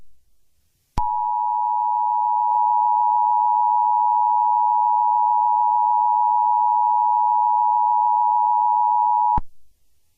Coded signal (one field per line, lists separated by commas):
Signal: Emergency Alert System (SAME) tones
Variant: 853 and 960 Hz attention tone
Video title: Eas-Scenario the error